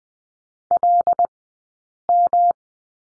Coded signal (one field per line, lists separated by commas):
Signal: Morse code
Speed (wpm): 20 wpm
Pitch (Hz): 700 Hz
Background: none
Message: LM